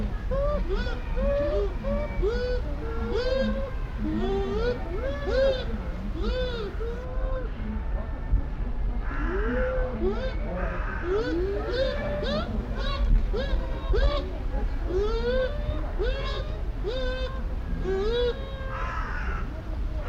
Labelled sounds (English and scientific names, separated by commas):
Bush Dog (Speothos venaticus)